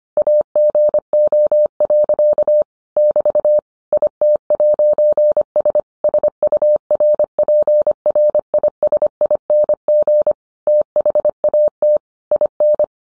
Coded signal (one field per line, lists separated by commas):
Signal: Morse code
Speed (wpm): 25 wpm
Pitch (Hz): 600 Hz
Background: none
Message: AGO. <BT> IT'S SURPRISING THAT IN